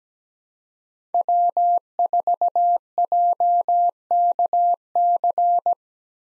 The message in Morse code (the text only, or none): W4JKC